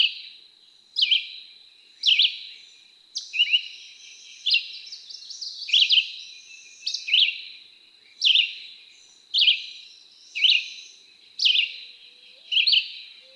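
Red-eyed Vireo delivering a steady string of brief slurred whistles, roughly one per second, with faint background hiss.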